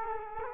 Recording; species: mosquito wingbeat signal from an infrared sensor; Culex quinquefasciatus